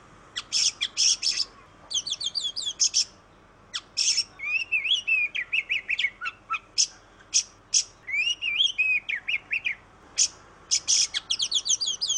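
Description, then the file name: Oriental magpie-robin song: fast bursts of buzzy notes and bright whistled phrases, some sliding up and down, broken by short pauses and repeated throughout. Tutor (masteran) song in the tembakan style. "kacer masteran tembakan"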